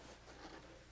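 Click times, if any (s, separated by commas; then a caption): none. A wheel loader's cab door is handled as it swings back 180 degrees toward its open hold-back latch, giving a steady, faintly rustling, zipper-like sound with no sharp impact. Nothing has seated or latched yet.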